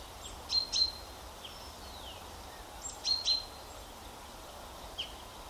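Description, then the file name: Common chaffinch calls: short, high, thin notes given in two quick pairs about two and a half seconds apart, then a single note, with steady background hiss. "Fringilla coelebs"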